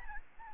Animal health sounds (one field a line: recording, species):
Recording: mosquito wingbeat signal from an infrared sensor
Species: Aedes albopictus